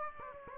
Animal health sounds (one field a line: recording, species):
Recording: mosquito wingbeat signal from an infrared sensor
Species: Aedes aegypti